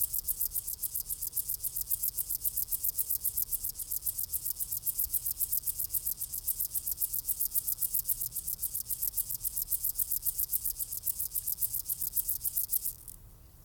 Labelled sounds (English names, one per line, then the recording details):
Upland Field Grasshopper stridulation
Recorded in the wild
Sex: male
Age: imago
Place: Seddiner See, Brandenburg, DE
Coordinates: 52.27, 13.01
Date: 1995-07-23 16:22
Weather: heiter, böiger Wind, 18°C
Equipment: Sony WM-D6C, Sennheiser ME 80, Kopie Uher 4000 Report Monitor
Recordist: Tembrock, Günter